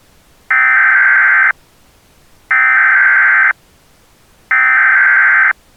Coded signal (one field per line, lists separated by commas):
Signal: Emergency Alert System (SAME) tones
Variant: header bursts